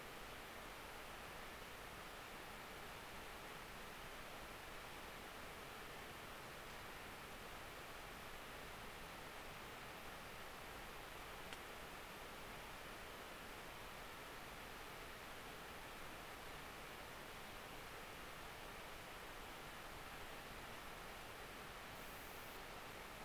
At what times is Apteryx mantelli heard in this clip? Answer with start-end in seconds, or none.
none